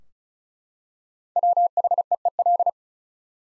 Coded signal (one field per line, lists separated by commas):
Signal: Morse code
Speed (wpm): 36 wpm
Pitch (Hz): 700 Hz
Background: none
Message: WHEEL